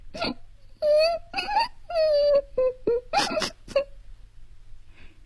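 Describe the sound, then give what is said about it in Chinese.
A child sobs in broken, quavering wails, several drawn-out mournful cries separated by short gasps, ending with a couple of sharper breathy sobs before fading to quiet. “凄婉低回的哭声，使窝蚊子在怜悯的思绪中又夹杂了深深的负疚。”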